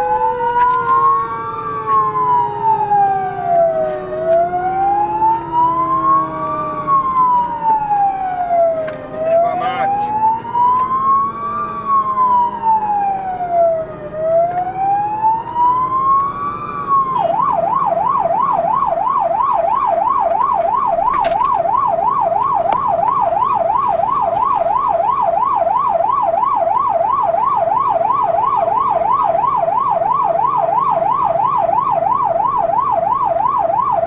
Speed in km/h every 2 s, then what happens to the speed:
35, 42, 48, 48, 49, 50, 50, 50, 54, 58, 59, 62, 65, 64, 65, 68, 70.
0-4 speeds up to 48. 4-14 steady at about 49. 14-34 speeds up to 70.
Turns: none.